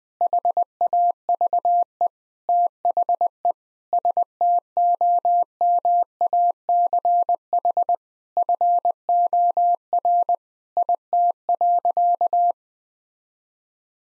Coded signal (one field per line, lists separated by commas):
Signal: Morse code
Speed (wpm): 20 wpm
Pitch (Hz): 700 Hz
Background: none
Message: HAVE THE STOMACH FOR IT.